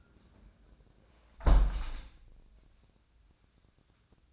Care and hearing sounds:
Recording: daily activity, microphone in the room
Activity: close window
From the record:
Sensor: 2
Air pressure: 1012.2 hPa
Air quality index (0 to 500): 121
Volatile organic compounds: 1 ppm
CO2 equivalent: 898 ppm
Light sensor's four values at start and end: 108/259/107/106 and 110/264/109/107

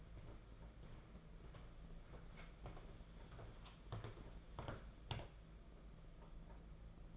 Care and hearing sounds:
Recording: daily activity, microphone in the room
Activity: walk to room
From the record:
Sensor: 5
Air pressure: 992.2 hPa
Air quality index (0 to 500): 212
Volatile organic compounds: 1000 ppm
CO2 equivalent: 6144 ppm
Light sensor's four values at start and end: 6/17/6/7 and 6/16/6/7

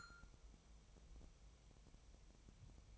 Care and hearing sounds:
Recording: daily activity, microphone in the room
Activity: take from stove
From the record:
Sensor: 1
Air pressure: 999.3 hPa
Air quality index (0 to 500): 197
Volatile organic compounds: 39 ppm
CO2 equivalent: 3127 ppm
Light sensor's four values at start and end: 9/22/8/9 and 9/22/8/9

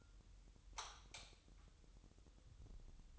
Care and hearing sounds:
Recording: daily activity, microphone in the room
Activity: light off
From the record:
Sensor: 3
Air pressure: 988.4 hPa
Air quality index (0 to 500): 191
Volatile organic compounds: 265 ppm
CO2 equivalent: 4400 ppm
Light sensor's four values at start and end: 11/28/11/11 and 8/19/8/8

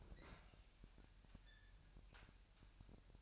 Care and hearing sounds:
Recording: daily activity, microphone in the room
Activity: open fridge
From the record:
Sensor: 2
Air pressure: 1001.8 hPa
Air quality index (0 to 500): 247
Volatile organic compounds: 38 ppm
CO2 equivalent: 3116 ppm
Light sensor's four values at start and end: 8/28/11/10 and 8/28/11/10

